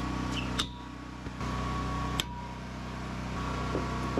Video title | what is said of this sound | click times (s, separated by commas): We FIX and TEST our USED $1500 TWO POST LIFT on a Tacoma! | with the arms in the correct position we can ensure that they're locked into place | 0.6 s, 2.2 s